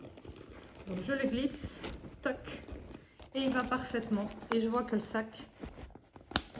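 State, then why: Seated. A calfskin handbag's flap is closed over its metal clasp while the bag holds an iPad, as someone talks. A sharp little click sounds at 6.4 s as the clasp snaps shut, and the bag is closed.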